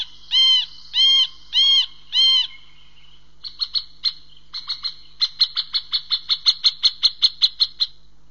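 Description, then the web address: Middle spotted woodpecker: four drawn-out nasal notes, then a pause and a run of short, sharp kik notes that quicken into a rapid chattering series. Contact call. "kontakt Mittelspecht"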